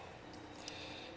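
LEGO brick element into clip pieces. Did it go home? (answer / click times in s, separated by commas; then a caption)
yes / 0.7 s. A LEGO element for the jaw area of a LEGO Pikachu (set 72152, Pikachu and Poké Ball) is pressed into clip connectors on the plastic brick model. A single short snap is heard at 0.7 s over a steady background hiss, and the part seats in the clips.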